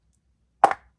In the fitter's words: It snaps in place, and then it changes into the more desktop mode, I guess.